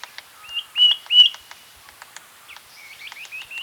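Common woodshrike calls: a few clear, rising whistled notes, then a quicker run of softer upslurred whistles, with light ticking clicks in the background.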